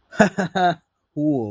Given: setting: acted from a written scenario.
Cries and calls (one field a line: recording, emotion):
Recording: vocal sound without words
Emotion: positive surprise